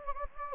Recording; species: mosquito wingbeat signal from an infrared sensor; Anopheles gambiae